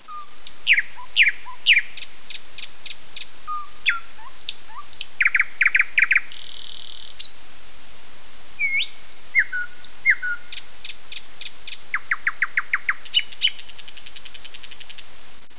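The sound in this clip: Bird chirps and whistles: varied short sliding notes and rapid series of short notes, spaced irregularly over steady background noise.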